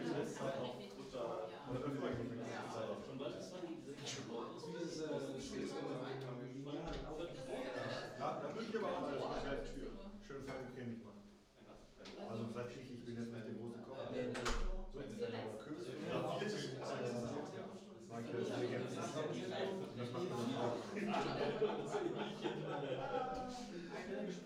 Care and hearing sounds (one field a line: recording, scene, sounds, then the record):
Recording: everyday scene through a hearing-aid microphone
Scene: many people talking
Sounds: many voices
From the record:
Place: bistro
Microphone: in the ear canal, right